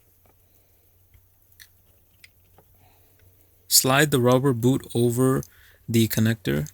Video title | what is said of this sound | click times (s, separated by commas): 2003-2005 Honda Pilot/MDX Alternator Replacement | Before bolting it down, it's easier to push the electrical connector now So push it in until you hear a click. | 1.6 s